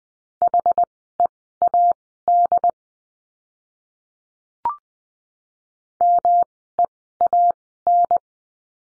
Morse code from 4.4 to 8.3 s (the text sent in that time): MEAN